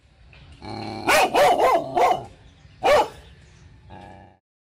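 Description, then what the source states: Dog barking in a fast burst of four sharp barks, then a single bark after a pause, with a faint final sound. Terrifying dog barking.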